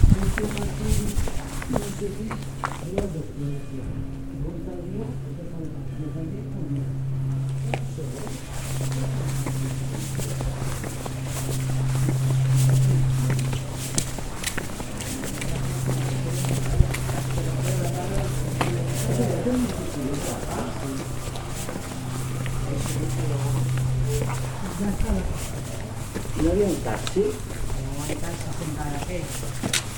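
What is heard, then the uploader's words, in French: A sound walk through Cadaqués, with voices talking throughout and a low steady hum running under most of the thirty seconds, breaking off briefly around fifteen and twenty-five seconds. Scattered knocks, clicks and footsteps pass by, and the overall level stays fairly even. Balade à Cadaquès. Juste une ballade sonore à cadaquès.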